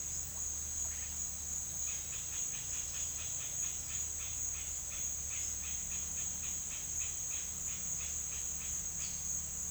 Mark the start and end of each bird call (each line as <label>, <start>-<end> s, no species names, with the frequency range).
bird call (1.0-5.0 kHz), 1.74-9.08 s